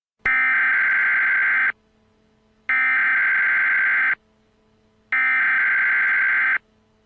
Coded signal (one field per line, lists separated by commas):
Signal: Emergency Alert System (SAME) tones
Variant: header bursts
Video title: [EAS Mock] The Z Virus - Atlanta: The Beginning